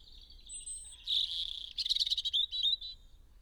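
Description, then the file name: European robin song: a thin high whistle, then a loud warbling phrase with rapid rattling notes, ending in a short trill. "Erithacus rubecula"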